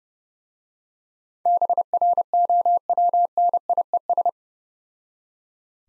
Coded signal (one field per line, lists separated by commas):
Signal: Morse code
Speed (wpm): 28 wpm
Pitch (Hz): 700 Hz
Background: none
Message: BROWNIES